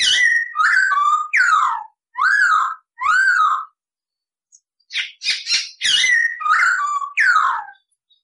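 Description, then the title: Masked laughingthrush song of five loud downslurred whistles in a rapid series, a short pause, then a busier burst of harsh and whistled notes. Gacor (singing continuously) master recording used for training cage birds. "SUARA BURUNG POKSAY HONGKONG GACOR"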